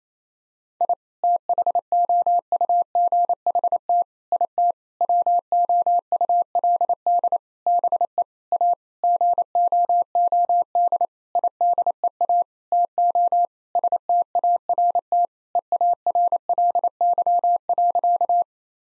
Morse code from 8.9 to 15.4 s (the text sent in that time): GOOD IDEA TO START